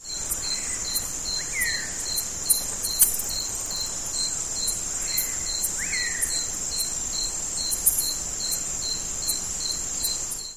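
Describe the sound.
Crickets chirping: a steady high trill with regular pulsed chirps.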